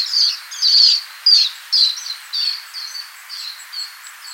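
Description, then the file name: Western sandpiper giving high, thin chirping calls in an uneven series of several notes, the notes growing softer toward the end. "alaszkai partfuto hangja"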